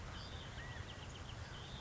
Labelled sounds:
California Quail
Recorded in Sonoma County, California

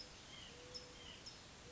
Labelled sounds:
White-breasted Nuthatch
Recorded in Sonoma County, California

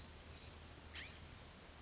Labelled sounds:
California Scrub-Jay
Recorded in Sonoma County, California

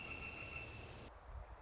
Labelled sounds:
Northern Flicker
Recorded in Sonoma County, California

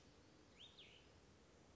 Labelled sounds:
Cassin's Vireo
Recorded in Sonoma County, California

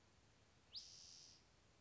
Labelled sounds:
Spotted Towhee
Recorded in Sonoma County, California

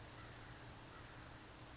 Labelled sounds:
California Towhee
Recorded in Sonoma County, California

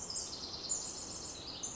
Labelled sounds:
Pacific Wren
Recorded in Sonoma County, California

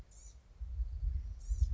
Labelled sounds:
Blue-gray Gnatcatcher
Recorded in Sonoma County, California

